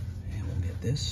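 An evap hose quick-connect is handled near the port of a new canister purge valve on a 2011-2017 Ford Explorer while someone talks over a steady low rumble. Nothing has seated or clicked yet.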